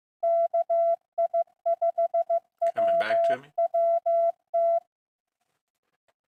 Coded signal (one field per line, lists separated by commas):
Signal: Morse code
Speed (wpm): 15 wpm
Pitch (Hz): 680 Hz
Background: none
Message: KI5WWT